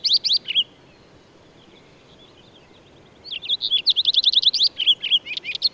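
Bird song with a brief high twittering phrase, a pause, then a longer run of quick repeated chirps and trills over faint background hiss.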